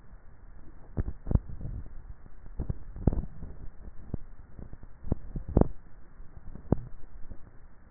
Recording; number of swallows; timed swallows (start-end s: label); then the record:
swallowing sounds by neck microphone; 3
1.32-1.92 s: swallow
2.35-3.22 s: swallow
5.12-5.68 s: swallow
From the record:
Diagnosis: dysphagia